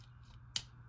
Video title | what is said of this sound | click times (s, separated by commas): Review: Blue Star (Metal Cardbot) | you're actually you're actually supposed to flip these up until you hear a snapping sound. | 0.6 s